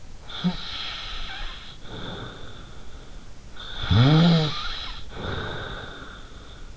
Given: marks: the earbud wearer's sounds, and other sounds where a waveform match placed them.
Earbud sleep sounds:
sounds in sleep by an in-ear microphone; snoring breath
0.26-2.99 s: snoring breath
3.56-6.35 s: snoring breath

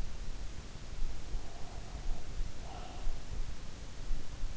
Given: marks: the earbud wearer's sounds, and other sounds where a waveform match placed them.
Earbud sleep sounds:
sounds in sleep by an in-ear microphone; breath
1.25-3.39 s: breath

